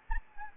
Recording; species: mosquito wingbeat signal from an infrared sensor; Anopheles gambiae